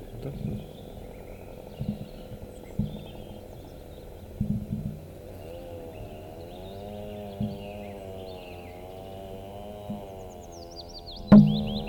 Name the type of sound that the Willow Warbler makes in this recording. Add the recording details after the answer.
song. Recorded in the wild. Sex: male. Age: adult. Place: Thumsee, Bayern, DE. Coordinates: 47.7167, 12.8167. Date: 1964-06-03. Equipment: LGS26. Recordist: Faber, A. and Stumbrat. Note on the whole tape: Auf der Alpstraße Richtung Tumsee. Gesang eines Fitis